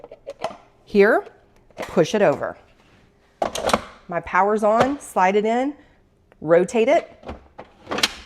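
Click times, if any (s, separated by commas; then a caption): 8.0 s. A plastic pint bowl assembly, the outer bowl of a frozen dessert maker, is slid into the motor base of the ice cream machine and rotated until it locks. Someone talks throughout, with a few short handling knocks and taps around the speech. The bowl locks in with a sharp click at 8.0 s.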